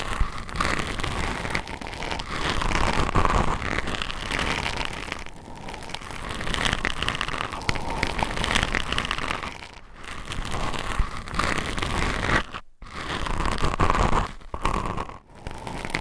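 Scratching on a binaural microphone makes a dense, rough crackling that fills the sound from low rumble to bright hiss, like rain on a surface. It runs almost continuously with uneven swells, broken by brief silent gaps near ten, thirteen, fourteen and fifteen seconds.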